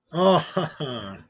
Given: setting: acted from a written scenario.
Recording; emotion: vocal sound without words; adoration